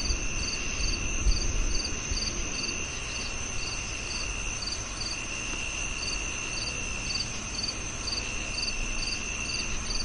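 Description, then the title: Crickets chirping in regular bursts about twice a second, with a continuous shrill insect tone and low rumbling background noise. Summer night soundscape of crickets, made for relaxation and sleep. "Calming Crickets & Summer Night Sleep Sounds"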